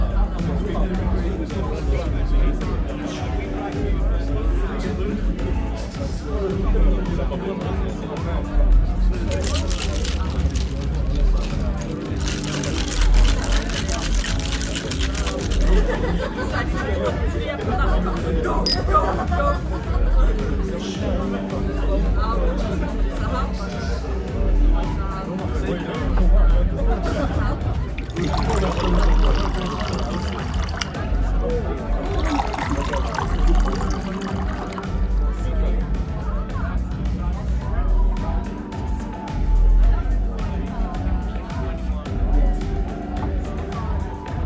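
Bar ambience with many voices talking at once, a dense and steady babble of overlapping conversation over a low rumble. Brighter bursts of noise come and go, around the 10–15 second mark and again near 28–34 seconds, while the overall level stays constant.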